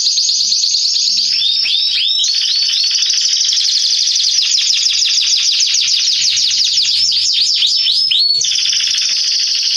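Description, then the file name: Canary singing continuously, with high rolling trills broken by bursts of quick downward-sweeping notes, loud and unbroken throughout. "Canary Voice"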